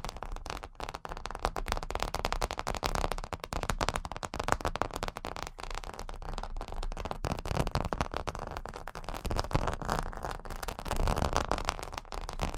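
Dense, rapid tapping runs nonstop for the whole stretch, a busy crackling patter of sharp clicks over a low rumbling undertone.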